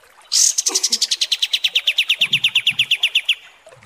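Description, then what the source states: Kapas tembak song: a sharp opening note, then a fast, even series of high chips lasting about three seconds. Masteran training recording of kapas tembak song.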